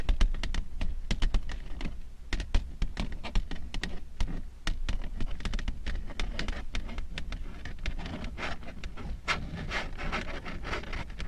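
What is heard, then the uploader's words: Long nails tap and scratch in a dense, uneven stream of sharp clicks, several per second, with brief bright scrapes between them. A low dull rumble runs underneath throughout, and the tapping keeps a fairly even level for the whole stretch. Slow, rhythmic long nail tapping and scratching ASMR sounds.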